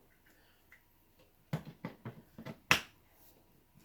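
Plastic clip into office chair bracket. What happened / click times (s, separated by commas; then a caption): The plastic clip snapped into place / 2.7 s. A plastic clip on the other side of the bracket of a black and slate Serta Smart Layers Jennings Super Task Big and Tall office chair is pushed in, the same way as the first. A few lighter handling knocks come at about 1.5, 1.9, 2.1 and 2.5 seconds. Then a loud, sharp click at 2.7 seconds shows the clip snapping into place.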